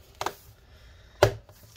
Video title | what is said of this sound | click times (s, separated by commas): Lenovo Chromebook Disassembly Fan Replacement Repair | line it all back up and you can go ahead and actually just push everything back down it should all click into place okay | 0.2 s, 0.3 s, 1.2 s